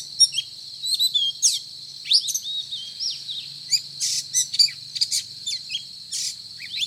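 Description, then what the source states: Oriental magpie-robin singing a rapid, varied song of sharp whistled notes, quick up-and-down sweeps and scratchy bursts, over a steady high hiss and a faint low hum. Indonesian name Kacer; described as 'gacor', meaning singing actively and loudly.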